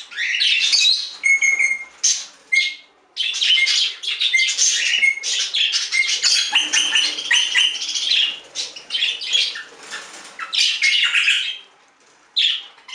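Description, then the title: Budgerigar chatter: continuous high, buzzy warbling with clicks and short whistled notes, pausing briefly near the start and end. "Budgie Sounds"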